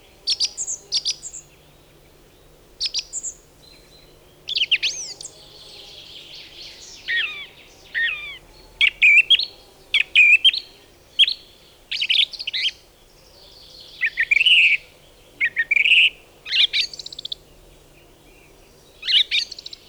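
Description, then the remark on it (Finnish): A song thrush sings alone in a steady series of loud, varied phrases, each short motif of bright whistles and sharp chirps repeated several times before switching, with brief pauses between; many motifs are borrowed from other birds, less flute-like than a blackbird's or mistle thrush's. “Laulurastas kertaa rauhalliseen tapaansa kunkin aiheen useaan kertaan.”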